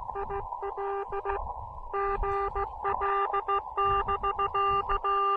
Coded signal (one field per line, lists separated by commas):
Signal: Morse code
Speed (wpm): 16 wpm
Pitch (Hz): 1200 Hz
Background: none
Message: IL GL <BK>